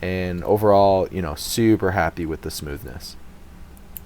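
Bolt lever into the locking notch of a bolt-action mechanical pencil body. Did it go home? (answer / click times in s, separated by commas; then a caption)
yes / 4.0 s. Someone talks, then the bolt lever of a metal bolt-action mechanical pencil is pushed down and over into its locking notch in the pencil body. A faint tick sounds at 3.8 s, then a sharp click at 4.0 s as the bolt locks into place.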